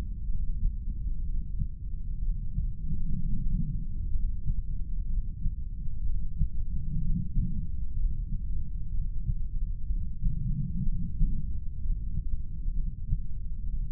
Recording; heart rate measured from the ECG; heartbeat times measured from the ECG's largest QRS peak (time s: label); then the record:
heart sounds by stethoscope; 63 bpm
0.29 s: heartbeat
1.25 s: heartbeat
2.21 s: heartbeat
3.18 s: heartbeat
4.14 s: heartbeat
5.09 s: heartbeat
6.05 s: heartbeat
7.02 s: heartbeat
7.97 s: heartbeat
8.93 s: heartbeat
9.88 s: heartbeat
10.85 s: heartbeat
11.81 s: heartbeat
12.76 s: heartbeat
13.72 s: heartbeat
From the record:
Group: heart failure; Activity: rest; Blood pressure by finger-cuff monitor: 123/80 mmHg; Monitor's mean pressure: 96 mmHg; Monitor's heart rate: 62 bpm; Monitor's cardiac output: 6.5 L/min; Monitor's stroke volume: 104 mL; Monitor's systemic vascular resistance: 1090 dyn s/cm5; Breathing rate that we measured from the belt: 16 breaths a minute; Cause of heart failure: non-ischemic cardiomyopathy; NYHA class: 1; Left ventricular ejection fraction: 25%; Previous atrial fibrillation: present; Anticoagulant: apixaban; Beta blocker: bisoprolol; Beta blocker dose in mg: 7.5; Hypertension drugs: sacubitril-valsartan, spironolactone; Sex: male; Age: 48 years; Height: 183 cm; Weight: 96 kg